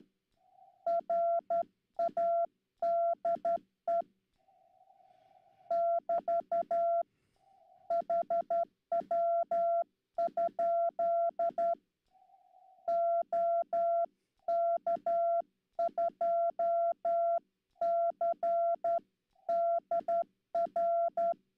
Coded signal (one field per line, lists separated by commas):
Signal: Morse code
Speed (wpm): 11 wpm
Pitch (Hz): 680 Hz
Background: none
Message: RADE <BT> HW? OK2CDR